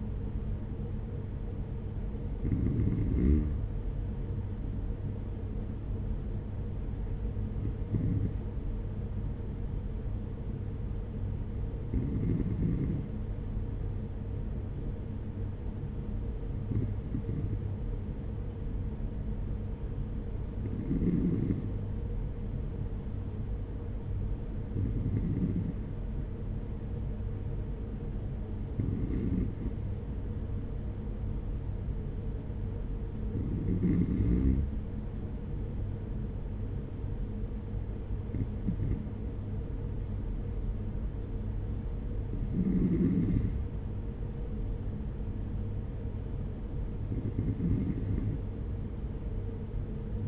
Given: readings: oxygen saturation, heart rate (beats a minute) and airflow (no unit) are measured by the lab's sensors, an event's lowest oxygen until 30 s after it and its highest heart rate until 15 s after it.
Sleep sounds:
breathing in sleep by a smartphone at the bedside; none
none scored
From the record:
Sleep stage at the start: N2 (light sleep); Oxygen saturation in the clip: 93 to 94%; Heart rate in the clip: 47 to 52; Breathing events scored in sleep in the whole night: 210 in 6.9 hours asleep

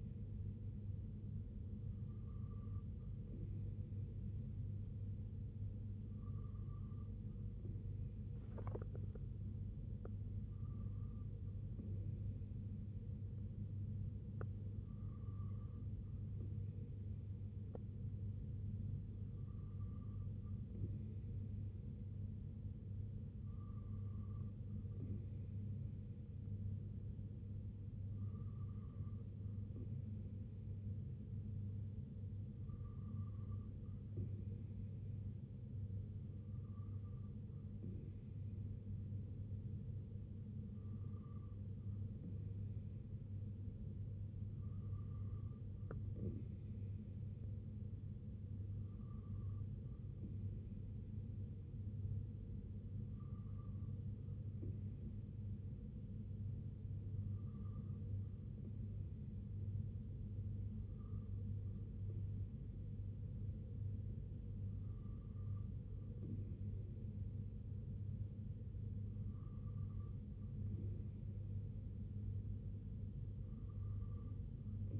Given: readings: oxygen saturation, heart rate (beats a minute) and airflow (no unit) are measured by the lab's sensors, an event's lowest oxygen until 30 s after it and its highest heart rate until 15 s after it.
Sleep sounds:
breathing in sleep by a smartphone at the bedside; none
none scored
From the record:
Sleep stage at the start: N2 (light sleep); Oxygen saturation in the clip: 93%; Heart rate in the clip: 65 to 70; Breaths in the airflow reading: 18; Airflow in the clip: -3.5 to 2.3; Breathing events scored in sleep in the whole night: 258 in 7.4 hours asleep

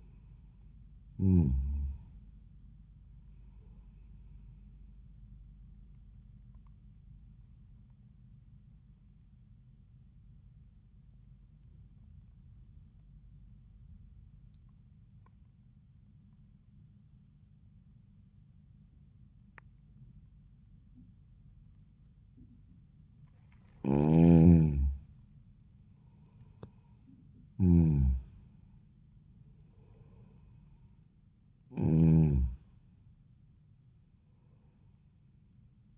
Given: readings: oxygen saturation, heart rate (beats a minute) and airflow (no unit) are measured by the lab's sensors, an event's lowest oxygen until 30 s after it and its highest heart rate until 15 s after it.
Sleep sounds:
breathing in sleep by a smartphone at the bedside; 1
10.00-24.60 s: obstructive apnea (N1, oxygen 96% highest, then 88% lowest, heart rate 77 at the start, 83 highest)
From the record:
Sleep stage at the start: N1 (lightest sleep); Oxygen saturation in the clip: 90 to 96%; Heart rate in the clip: 69 to 86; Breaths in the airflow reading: 4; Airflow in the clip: -6.1 to 7.1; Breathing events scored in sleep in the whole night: 400 in 8.7 hours asleep

